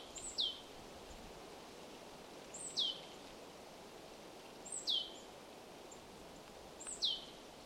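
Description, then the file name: Marsh tit calling, a short high note followed by a quick downward-sweeping whistle, repeated four times about every two seconds over a steady low background hiss. "Poecile palustris"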